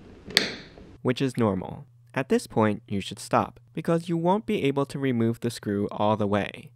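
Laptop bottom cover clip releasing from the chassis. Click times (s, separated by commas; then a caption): 0.4 s. A plastic bottom panel on an ASUS TUF Dash F15 gaming laptop releases as its last corner screw is loosened. The corner lifts and an internal clip pops loose from the chassis with a sharp click at 0.4 s, which is normal. Someone then talks.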